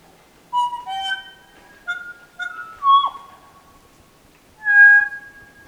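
Kokako song: resonant, bell-like notes in short bursts, one sliding downward, ending with a long full note after a pause.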